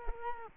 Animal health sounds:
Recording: mosquito wingbeat signal from an infrared sensor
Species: Culex quinquefasciatus

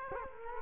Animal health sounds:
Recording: mosquito wingbeat signal from an infrared sensor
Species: Culex quinquefasciatus

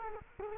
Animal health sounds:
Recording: mosquito wingbeat signal from an infrared sensor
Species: Culex quinquefasciatus

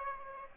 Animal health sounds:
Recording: mosquito wingbeat signal from an infrared sensor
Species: Aedes aegypti

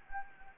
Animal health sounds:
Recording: mosquito wingbeat signal from an infrared sensor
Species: Anopheles gambiae

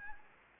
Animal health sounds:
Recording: mosquito wingbeat signal from an infrared sensor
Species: Anopheles gambiae

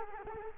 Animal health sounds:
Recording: mosquito wingbeat signal from an infrared sensor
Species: Culex quinquefasciatus

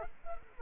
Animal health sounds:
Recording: mosquito wingbeat signal from an infrared sensor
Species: Culex quinquefasciatus

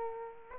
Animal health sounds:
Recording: mosquito wingbeat signal from an infrared sensor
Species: Aedes aegypti

